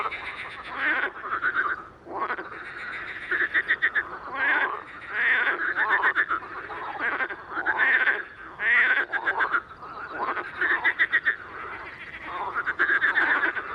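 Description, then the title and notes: Marsh frogs in a dense chorus of rapid, rattling laughing calls, pulsed bursts overlapping almost without pause. Many calling in intense activity at a small pond, evening of 11 May 2019, rain all day, cool 14°, recorded with a Nagra Seven and MKH40 on a boom. "Soirée aux Grenouilles rieuses. 11 mai 2019-Étang de Beaumont - pluie - 14°. le chant des grenouilles rieuses"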